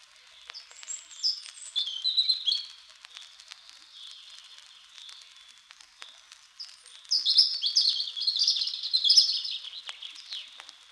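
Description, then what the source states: European Robin song: high, liquid, wavering phrases, a short warble followed after a pause by a longer, richer tumbling strophe, with light crackling in the background. Sings from the top of a small spruce, sunlight on its rusty-red breast; in the evening its song keeps sounding long in the quickly quietening forest.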